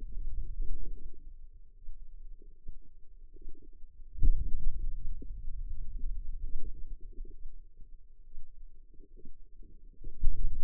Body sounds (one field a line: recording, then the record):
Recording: forearm muscle sounds (acoustic myography)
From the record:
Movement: finger pinch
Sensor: system 2, bracelet of six BSWA MPA416 microphones around the upper forearm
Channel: 6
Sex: female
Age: 25 years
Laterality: right